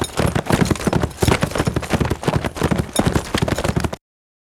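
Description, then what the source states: Horse at a fast gallop, dull thudding hoofbeats in quick rolling groups, stopping abruptly near the end. Steady fast gallop on grass.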